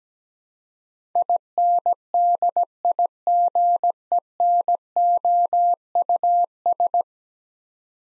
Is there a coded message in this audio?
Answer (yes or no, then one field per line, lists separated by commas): yes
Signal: Morse code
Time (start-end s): 1.2-7.0 s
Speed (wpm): 17 wpm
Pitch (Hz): 700 Hz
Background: none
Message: INDIGENOUS